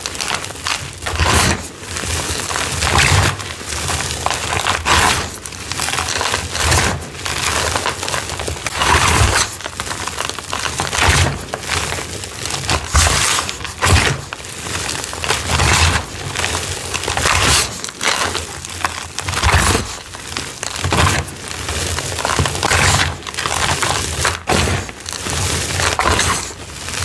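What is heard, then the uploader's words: Crunchy dyed gym chalk and cornstarch being crushed, giving a steady run of crisp, crackling crunches from start to finish. The crunches come in quick, irregular bursts about every second, bright and gritty with a soft thudding low end under each squeeze. PURPLE Citric Acid Rainbow Dyed Chalk Series. Crispy, crunchy citric acid dyed gym chalk and cornstarch crunchies asmr crumbles.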